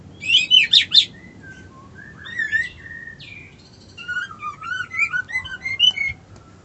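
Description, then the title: White-eye song: a loud burst of high chirps opening into a long varied warble of sliding whistled notes and quick twitters. Song style called ngerol ngalas. "Suara Burung Pleci Ngerol Ngalas Mantap"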